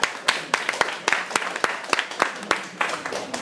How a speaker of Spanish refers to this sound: Un aplauso.